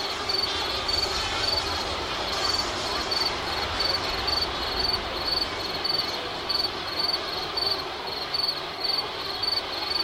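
Crickets chirp in a steady, even rhythm, a bright high pulse repeating about three times a second for the whole stretch. Underneath runs a constant hiss with a soft low rumble, like wind or surf, and nothing else stands out.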